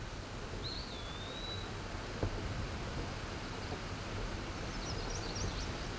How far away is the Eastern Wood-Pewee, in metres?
about 30 m